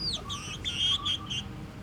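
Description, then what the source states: Chicken chicks giving a quick run of clear high peeps, some slurred downward, with softer lower whistled notes between them. Hens and chicks in the henhouse of the Atelier 34zero museum garden, Jette, Brussels, Belgium; recorded with DPA 4060 microphones in AB position into a Zoom F3.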